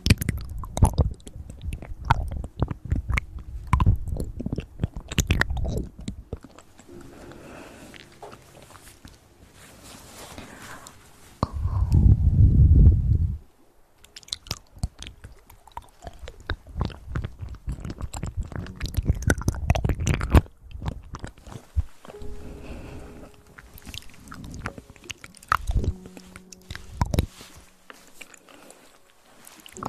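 Mouth sounds with chewing and crunching, made of rapid clicks and wet snaps that come in uneven bursts across the whole clip. A dense, low rumbling stretch around twelve seconds stands out, followed by a brief near-silence, then more irregular chewing until the end.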